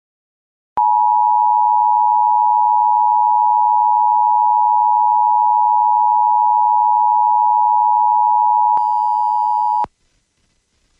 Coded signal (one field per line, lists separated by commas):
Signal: Emergency Alert System (SAME) tones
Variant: 853 and 960 Hz attention tone